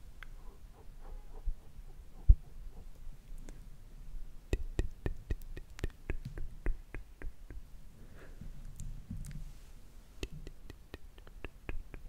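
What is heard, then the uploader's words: Slow mouth sounds: sharp wet clicks and pops come every half second or so from about four seconds on, with a few scattered earlier, including one loud pop near two seconds. Soft low thumps and breathy rustles fill the gaps, and the level stays quiet. ASMR Slow & Relaxing MOUTH SOUNDS For Sleep.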